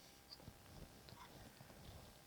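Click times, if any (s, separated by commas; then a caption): none. A wood screw is inserted and lined up in a stripped screw hole of a wooden cabinet hinge, after a wooden stir stick or toothpick has been pushed all the way down into the hole. Soft, low handling and rubbing sounds continue throughout, with two brief, faint high ticks near 0.3 s and 1.1 s. The screw has not yet been tightened down, and nothing has seated or clicked yet.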